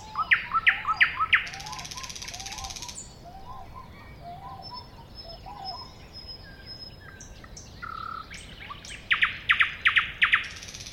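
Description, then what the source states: Thrush nightingale song opening with loud repeated clicks and a dry rattle, quieter low chuckling notes, then another burst of sharp repeated notes. Recorded at a woodland edge next to a lake in 2001.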